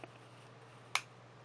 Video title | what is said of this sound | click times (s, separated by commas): Episode 223 Piper Ferrari da Varese | it is in fact listen to it click and I | 1.0 s